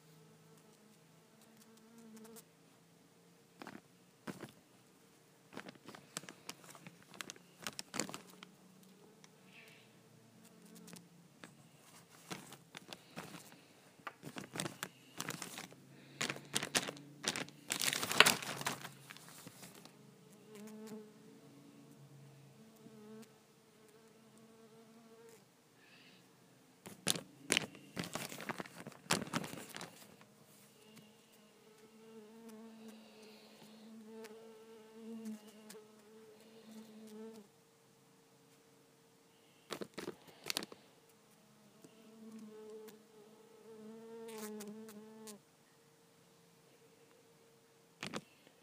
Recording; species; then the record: mosquito flight sound by mobile phone; Culiseta incidens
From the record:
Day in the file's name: 2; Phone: iPhone 5